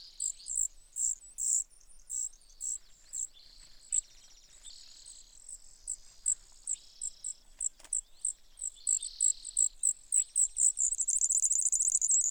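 Brewer's sparrow song, a long run of high, separate chips with quieter trills between, ending in a dense buzzy trill.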